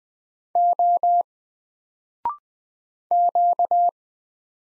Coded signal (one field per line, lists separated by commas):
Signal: Morse code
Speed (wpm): 20 wpm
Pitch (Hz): 700 Hz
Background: none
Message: O Q